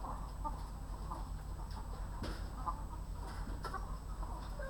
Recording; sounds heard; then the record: poultry house recording; sick chickens (respiratory disease)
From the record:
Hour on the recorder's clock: 1